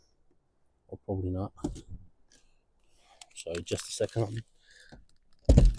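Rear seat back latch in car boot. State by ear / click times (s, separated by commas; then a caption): released / 5.5 s. Someone talks while working the rear seat back latch in the boot of a 2011 Vauxhall Meriva Exclusiv, trying to release it so the seat can fold down flat. After a pause, a sharp click at 5.5 s marks the latch releasing and the seat mechanism giving way.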